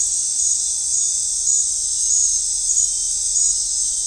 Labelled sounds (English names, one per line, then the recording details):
none
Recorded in dense forest near Puerto Asís, Putumayo, Colombia, on 15 December 2024 at 20:00
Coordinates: 0.499, -76.324
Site G045